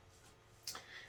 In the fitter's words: solid click when that goes in